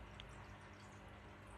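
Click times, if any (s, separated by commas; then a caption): none. Someone tries to push a mismatched plastic accessory onto the wand of a newly bought Dyson V15 vacuum, but it cannot go in because both openings are the same size. Against a steady low background hum, there is only one faint bump at about 0.2 s. Nothing has seated or clicked, and the attachment fails to fit.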